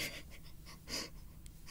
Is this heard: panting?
yes